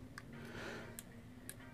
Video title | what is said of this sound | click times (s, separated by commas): SAPPOWER ıw-3c6 HAVALI SOMUN SIKMA İNCELEME | burada herhangi bir böyle bir çıt çıt yapıyor ama çok yavaş hareket ettirmemiz lazım. | 0.2 s, 1.0 s, 1.5 s